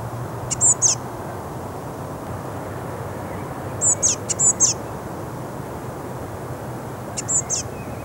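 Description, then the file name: Eurasian blue tit calls: short high thin notes in three bursts, a few near the start, a longer cluster around four seconds, and a few more near seven seconds, over low background rumble. "Cyanistes caeruleus"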